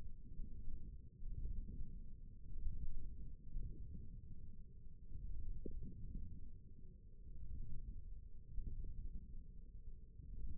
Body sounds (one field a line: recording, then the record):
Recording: forearm muscle sounds (acoustic myography)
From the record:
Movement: wrist flexion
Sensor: system 1, eight BSWA MPA416 microphones around the upper forearm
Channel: 4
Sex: male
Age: 20 years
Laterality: left